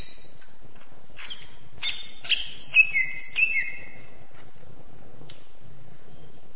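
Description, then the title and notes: Greater green leafbird song: a brief burst of high chattering and slurred whistled notes in the middle, quiet before and after. Singing presented as champion-level birdsong. "Kicau Burung Cucak Ijo Juara. Suara kicauan burung cucak ijo"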